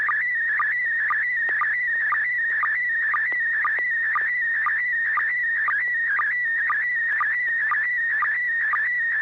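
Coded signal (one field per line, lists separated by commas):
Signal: SSTV (slow-scan television)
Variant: PD-120 mode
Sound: warbling tone near 2 kHz with steady short low chirps about twice a second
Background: low hum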